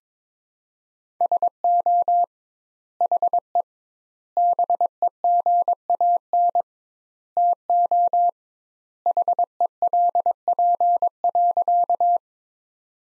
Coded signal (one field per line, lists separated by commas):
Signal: Morse code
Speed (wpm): 22 wpm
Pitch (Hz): 700 Hz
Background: none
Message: SO HE BEGAN TO HELP.